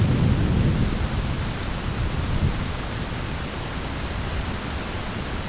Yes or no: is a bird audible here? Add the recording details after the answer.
no. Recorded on Arctic tundra, site ZACK-1, on 10 June 2019. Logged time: 15:49